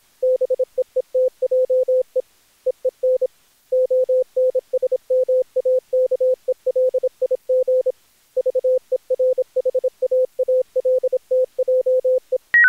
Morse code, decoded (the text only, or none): BEETJE EEN ONSMAKELIG VERHAALTJE